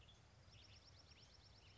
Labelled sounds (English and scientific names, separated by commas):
Western Tanager (Piranga ludoviciana)